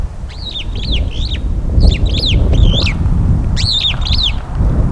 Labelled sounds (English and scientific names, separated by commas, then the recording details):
Superb Starling (Lamprotornis superbus) flight call
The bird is a female
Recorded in Kenya on 18 April 2009 at 16:51
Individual 33, of group DRT2